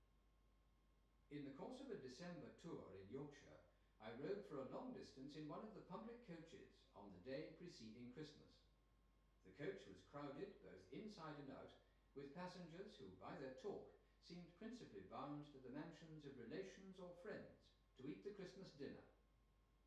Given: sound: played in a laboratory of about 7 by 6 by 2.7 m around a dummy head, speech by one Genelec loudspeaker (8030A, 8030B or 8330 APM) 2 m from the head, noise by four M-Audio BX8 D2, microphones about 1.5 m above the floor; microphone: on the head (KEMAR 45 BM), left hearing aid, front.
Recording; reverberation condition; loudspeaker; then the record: male speech in English; medium; 120 degrees to the right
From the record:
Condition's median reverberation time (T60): about 510 ms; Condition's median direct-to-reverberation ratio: about -0.5 dB